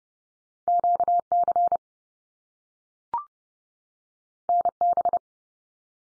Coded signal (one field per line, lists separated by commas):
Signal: Morse code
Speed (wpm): 30 wpm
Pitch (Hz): 700 Hz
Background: none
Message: QC NB